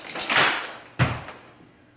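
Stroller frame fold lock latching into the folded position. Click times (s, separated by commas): 1.0 s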